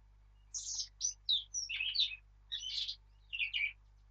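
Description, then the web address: Eurasian blackcap song: short bursts of warbling, chattering notes in quick phrases with brief pauses between them, high-pitched and bright. "birdsong Sylvia atricapilla"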